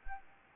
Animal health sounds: mosquito wingbeat signal from an infrared sensor; Anopheles arabiensis

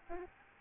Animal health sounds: mosquito wingbeat signal from an infrared sensor; Aedes albopictus

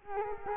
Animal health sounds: mosquito wingbeat signal from an infrared sensor; Culex quinquefasciatus

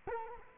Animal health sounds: mosquito wingbeat signal from an infrared sensor; Culex quinquefasciatus

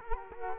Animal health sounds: mosquito wingbeat signal from an infrared sensor; Culex quinquefasciatus

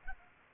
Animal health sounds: mosquito wingbeat signal from an infrared sensor; Culex pipiens

